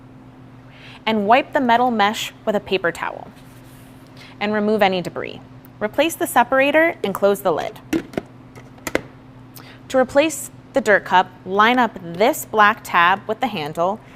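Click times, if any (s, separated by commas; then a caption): 8.9 s. Someone talks while the separator is put back into the plastic dirt cup of a Hoover Blade+ cordless stick vacuum and the dirt cup lid is closed. Two sharp snaps at 8.9 s and 9.0 s mark the lid snapping shut and seating.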